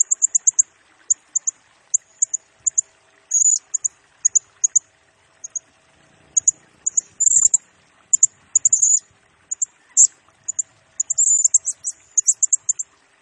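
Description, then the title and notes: Blue-crowned hanging parrot uttering tiny, sharp high ticks in short rapid groups, with occasional longer buzzy squeaks, continuing throughout. Serindit lure and tutoring song used to train and attract birds, in the vigorous gacor, rapid-fire nembak singing style, said to stir up all birds. "Burung Serindit Nembak Gacor Bikin Emosi Semua Burung. Suara Nasteran Dan Pemikat Burung Serinditan Gacor"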